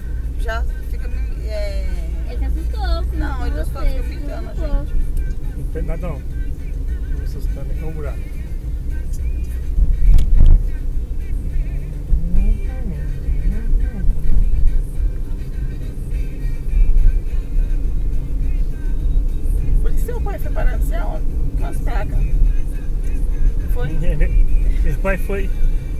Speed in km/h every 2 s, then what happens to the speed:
33, 36, 37, 36, 36, 37, 37, 38, 39, 41, 43, 43, 42.
0-26 speeds up to 42.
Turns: 14-26.